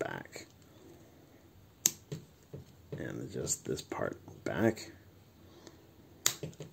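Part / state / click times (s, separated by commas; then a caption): plastic toy robot part into its body joint / seated / 6.3 s. A plastic combining robot toy part is adjusted back into its body joint during transformation while someone talks, with soft handling noises and a sharp click at 1.9 s. A second sharp click at 6.3 s marks the pieces clicking into place, and the part is seated.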